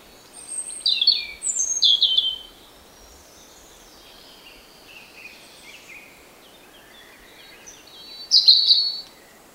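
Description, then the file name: European robin song in separated bursts: a few high, twittering warbled phrases early on, soft faint notes in between, then a sharp sparkling phrase near the end. "Erithacus rubecula"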